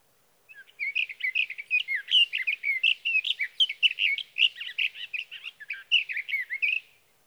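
Sage thrasher song: a long, rapid, unbroken warble of varied whistled and buzzy notes, about six seconds of continuous jumbled phrases on a clean, quiet background.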